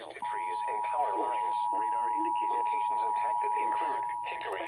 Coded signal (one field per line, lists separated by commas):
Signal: Emergency Alert System (SAME) tones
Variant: 853 and 960 Hz attention tone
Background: speech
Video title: Severe Weather EAS Alerts (Marginal Risk) (7/10/26) EAS 291 - 335